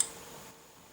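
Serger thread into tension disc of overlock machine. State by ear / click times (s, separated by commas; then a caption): seated / 0.0 s. With the presser foot up, serger thread is pulled into the tension disc or guide of an overlock machine and snaps into place with a short, bright tick at 0.0 s. The thread is seated, and only a faint low hiss follows.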